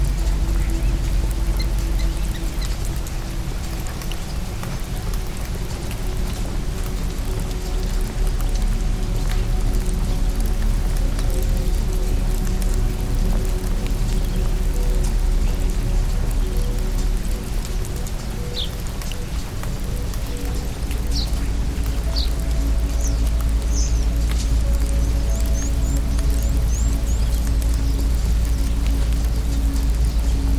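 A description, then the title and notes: A rainstorm pours down in a dense, steady wash, with a heavy low rumble underneath and a few faint humming tones that hold throughout. Around the middle and toward the end, a handful of brief, high chirps rise briefly above the rain. Rainstorm.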